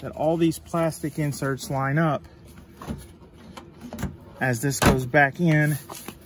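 A headlight housing on a 2005 Dodge Durango 5.7 L is handled and lined up with its plastic mounting inserts on the vehicle front, with its middle metal insert and plastic inserts meeting the plastic holders as it goes back in. Someone talks, and a couple of faint, brief handling taps come through near 3.6 s and 3.9 s. Nothing has seated or clicked into place yet.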